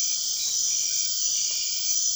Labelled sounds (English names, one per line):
none